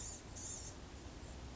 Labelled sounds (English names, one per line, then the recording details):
Blue-gray Gnatcatcher
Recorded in Sonoma County, California